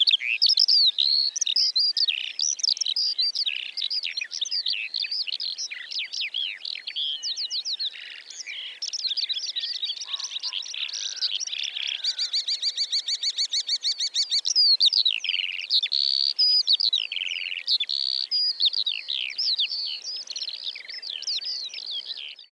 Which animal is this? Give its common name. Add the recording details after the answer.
Eurasian Skylark. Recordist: Frommolt, Karl-Heinz. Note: Fluggesang von 2 Tieren